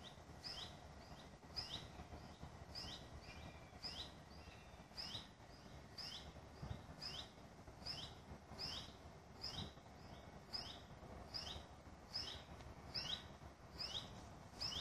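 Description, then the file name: Common buzzard begging: a long, steady run of high, thin, down-slurred squeals, often doubled, repeated more than once a second against low background noise. Juvenile common buzzards giving begging calls. "ruf nachwuchs maeusebussard"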